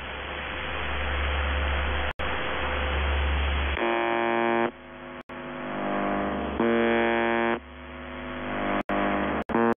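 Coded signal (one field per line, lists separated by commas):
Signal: channel marker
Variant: UVB-76 (The Buzzer)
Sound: radio hiss, then two harsh, low, rasping one-second buzzes with static between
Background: radio static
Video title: The Buzzer/UVB-76(4625Khz) October 7th 2020 7:42UTC Voice message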